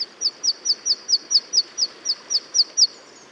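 Bird giving a fast series of many thin high notes, over soft background hiss.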